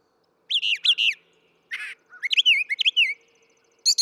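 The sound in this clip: Brown thrasher song: varied phrases of slurred whistles and harsh notes, some repeated, with short pauses.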